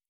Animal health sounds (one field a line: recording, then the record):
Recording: hydrophone in a shrimp aquaculture tank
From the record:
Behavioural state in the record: normal